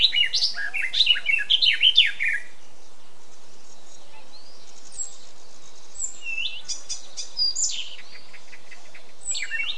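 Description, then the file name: Eurasian blackcap opens with a loud, tumbling burst of warbled notes lasting two seconds, then only faint, scattered twitters follow. "Sylvia atricapilla"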